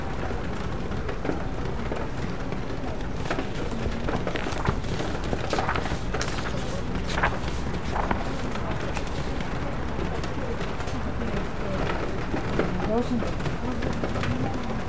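Rain patters on a bookstore window in a steady, dense wash over a low rumble. Sharper, brighter taps flick through often, most thickly in the middle seconds, while faint murmuring voices and a short chirping call surface near the end.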